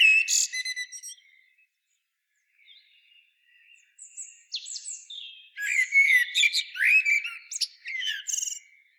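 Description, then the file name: Common blackbird opens with a brief fluty phrase, goes quiet with soft notes, then delivers a long warbled phrase full of high squeaks. "Turdus merula"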